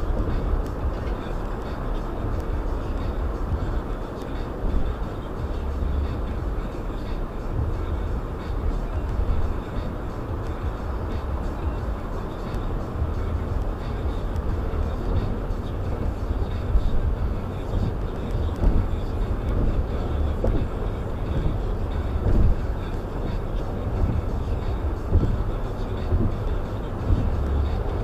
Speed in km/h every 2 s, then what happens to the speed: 98, 97, 93, 93, 97, 100, 101, 105, 105, 108, 108, 108, 109, 111.
0-7 steady at about 93. 7-14 speeds up to 105. 14-28 steady at about 108.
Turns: none.